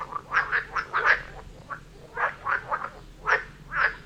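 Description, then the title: Frogs giving short, rough croaks in quick clusters, separated by brief pauses, a few calls overlapping one another. Frog chorus near Vellerner Brook in Neubeckum, recorded at 2pm, binaural recording. "Frog concert near Vellerner Brook in Neubeckum - 2pm"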